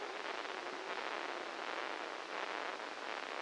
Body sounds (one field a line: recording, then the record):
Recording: brain microelectrode recording played as sound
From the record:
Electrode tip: inside the subthalamic nucleus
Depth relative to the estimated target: -1 mm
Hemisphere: left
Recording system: NeuroSet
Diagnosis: Parkinson's disease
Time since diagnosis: 13 years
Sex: male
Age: 63 years